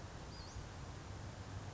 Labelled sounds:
Western Flycatcher (Empidonax difficilis)
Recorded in Sonoma County, California

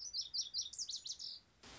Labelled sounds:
Lazuli Bunting (Passerina amoena)
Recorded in Sonoma County, California

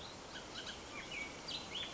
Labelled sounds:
Bullock's Oriole (Icterus bullockii)
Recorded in Sonoma County, California

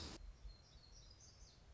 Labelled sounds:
Black-throated Gray Warbler (Setophaga nigrescens)
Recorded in Sonoma County, California

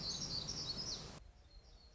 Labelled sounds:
Black-throated Gray Warbler (Setophaga nigrescens)
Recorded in Sonoma County, California

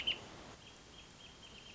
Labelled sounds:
Wrentit (Chamaea fasciata)
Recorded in Sonoma County, California

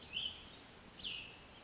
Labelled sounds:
Cassin's Vireo (Vireo cassinii)
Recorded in Sonoma County, California

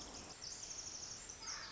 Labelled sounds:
Pacific Wren (Troglodytes pacificus)
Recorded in Sonoma County, California

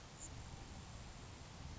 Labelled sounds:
Grasshopper Sparrow (Ammodramus savannarum)
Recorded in Sonoma County, California

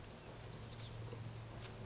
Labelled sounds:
Oak Titmouse (Baeolophus inornatus)
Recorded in Sonoma County, California

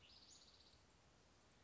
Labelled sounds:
Western Flycatcher (Empidonax difficilis)
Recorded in Sonoma County, California

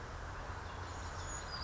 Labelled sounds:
Western Flycatcher (Empidonax difficilis)
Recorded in Sonoma County, California

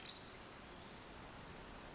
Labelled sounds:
Pacific Wren (Troglodytes pacificus)
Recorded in Sonoma County, California

